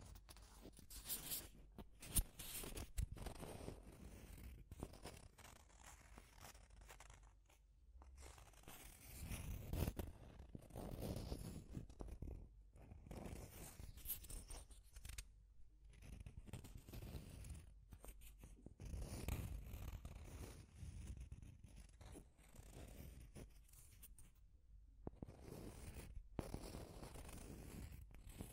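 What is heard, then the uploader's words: Deep scratching in irregular rough bursts, with low rumbling strokes and sharp scraping snaps, pausing briefly between strokes throughout. Deep Scratching. (No Talking).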